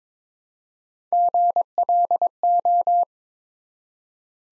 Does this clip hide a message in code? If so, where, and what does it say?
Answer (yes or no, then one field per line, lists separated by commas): yes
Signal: Morse code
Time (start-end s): 1.1-3.0 s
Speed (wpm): 22 wpm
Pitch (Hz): 700 Hz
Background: none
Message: GLO